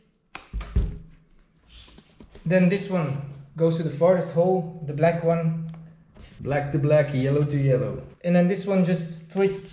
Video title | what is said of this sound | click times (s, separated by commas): How to change your onewheel tire / step by step | just slide it back in until you hear a click | 0.4 s